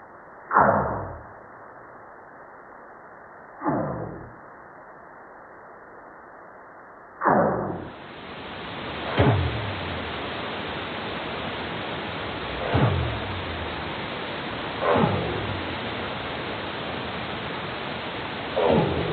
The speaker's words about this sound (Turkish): Evet buna balina şarkısı da deniyor. Belli bir ritimde olması gerekiyor. Üzerinde ayrıntılı araştırmalar var.